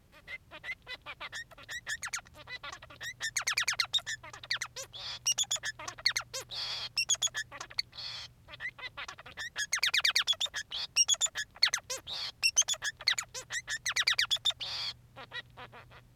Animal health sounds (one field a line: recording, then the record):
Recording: song of a male Bengalese finch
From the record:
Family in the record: son of father 3